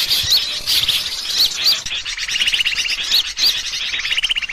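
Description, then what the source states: Bird calls: high chirps and whistles with short upslurred notes and a couple of buzzy rattling trills in the second half. Indonesian bird lure call (pikat), titled 'a thousand birds'.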